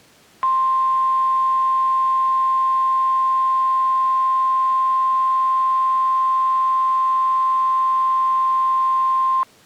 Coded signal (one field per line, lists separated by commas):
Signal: Emergency Alert System (SAME) tones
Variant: 1050 Hz attention tone